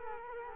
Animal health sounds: mosquito wingbeat signal from an infrared sensor; Culex quinquefasciatus

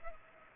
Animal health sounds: mosquito wingbeat signal from an infrared sensor; Culex pipiens

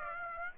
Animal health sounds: mosquito wingbeat signal from an infrared sensor; Aedes aegypti

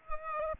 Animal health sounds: mosquito wingbeat signal from an infrared sensor; Culex pipiens

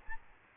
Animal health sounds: mosquito wingbeat signal from an infrared sensor; Aedes albopictus

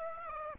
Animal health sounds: mosquito wingbeat signal from an infrared sensor; Aedes aegypti

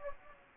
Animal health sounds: mosquito wingbeat signal from an infrared sensor; Anopheles gambiae

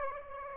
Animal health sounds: mosquito wingbeat signal from an infrared sensor; Aedes aegypti

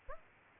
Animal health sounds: mosquito wingbeat signal from an infrared sensor; Aedes aegypti

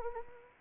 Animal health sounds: mosquito wingbeat signal from an infrared sensor; Anopheles arabiensis

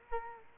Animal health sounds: mosquito wingbeat signal from an infrared sensor; Culex quinquefasciatus

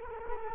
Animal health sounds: mosquito wingbeat signal from an infrared sensor; Culex quinquefasciatus

